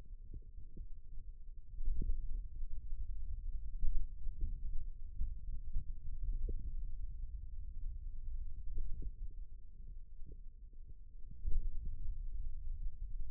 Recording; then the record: forearm muscle sounds (acoustic myography)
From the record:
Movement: pen grasping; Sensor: system 2, bracelet of six BSWA MPA416 microphones around the upper forearm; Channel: 4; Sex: male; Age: 22 years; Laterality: right